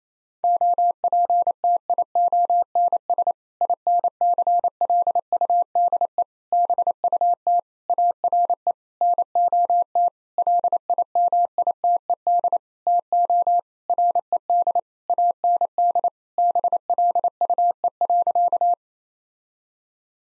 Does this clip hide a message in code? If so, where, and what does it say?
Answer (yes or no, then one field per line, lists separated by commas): yes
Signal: Morse code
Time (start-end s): 0.4-18.7 s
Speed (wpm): 28 wpm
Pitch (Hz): 700 Hz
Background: none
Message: OPTIONS INCLUDE BUT ARE NOT LIMITED TO RED AND BLUE.